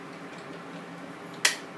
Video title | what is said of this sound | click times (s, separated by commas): Heated Humidity Ventiltor Circuiting | click into place just like this | 1.5 s